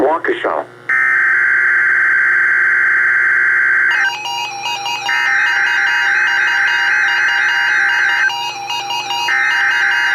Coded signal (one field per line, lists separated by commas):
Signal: Emergency Alert System (SAME) tones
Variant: header bursts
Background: speech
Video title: Required Weekly Test read with Live Voice! - 02/28/18 (EAS #1,546)